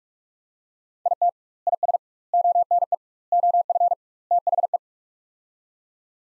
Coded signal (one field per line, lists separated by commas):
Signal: Morse code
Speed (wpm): 41 wpm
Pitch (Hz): 700 Hz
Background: none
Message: IT IS ONE OF THE